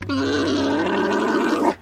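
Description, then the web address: Alpaca mating call, a single harsh, steady, buzzy groan held for nearly two seconds before stopping abruptly, over a low hum. Male alpaca giving a mating call. "Sound Effects-Foundation 1 ANIMAL ALPACA MALE MATING CALL"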